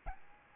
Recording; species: mosquito wingbeat signal from an infrared sensor; Aedes albopictus